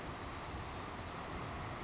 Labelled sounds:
White-crowned Sparrow

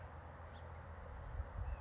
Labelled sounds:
House Finch

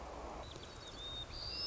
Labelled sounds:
White-crowned Sparrow

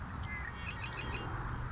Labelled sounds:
Red-winged Blackbird

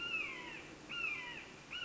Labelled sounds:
Red-shouldered Hawk

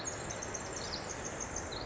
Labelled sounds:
Pacific Wren

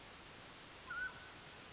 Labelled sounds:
Mountain Quail

